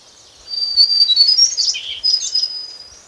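White-browed shortwing song opening with a thin level whistle, breaking into a fast jumble of high twittering notes, then another whistle.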